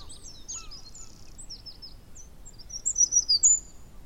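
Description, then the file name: Eurasian wren calls: scattered high, sharp notes and short slurred sweeps, ending in a louder burst of rapid, ticking notes over a faint low background rumble. "Troglodytes troglodytes"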